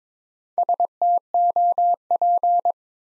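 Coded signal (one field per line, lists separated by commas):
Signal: Morse code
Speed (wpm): 22 wpm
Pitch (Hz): 700 Hz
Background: none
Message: STOP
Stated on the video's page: New-word Morse drill from the top 300 words at 22 wpm; each word sent in Morse, spoken, then sent again.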